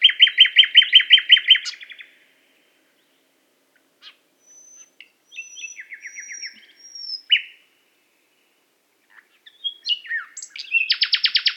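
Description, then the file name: Common nightingale singing: opens with rapid loud repeated notes, then a pause, thin high whistles and a buzzy rattle, ending with another quick series of repeated notes. "Luscinia megarhynchos"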